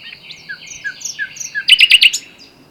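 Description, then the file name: Common nightingale song: soft, drawn-out whistles followed by four loud, rapid, ringing notes in quick succession. "Luscinia megarhynchos"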